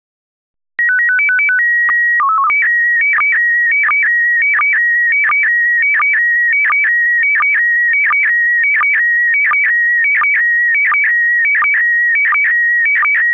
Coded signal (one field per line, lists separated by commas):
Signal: SSTV (slow-scan television)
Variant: PD 90